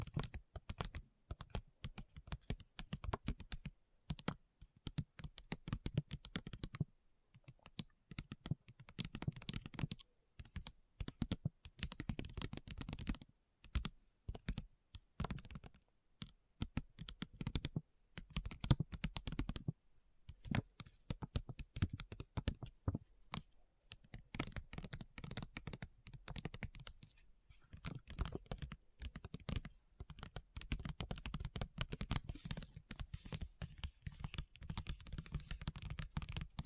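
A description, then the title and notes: Addictive tapping in rapid, dense bursts like keyboard typing, with clicky dry taps, brief pauses between runs, and a soft low thud underneath. ASMR Addictive Tapping. (No Talking).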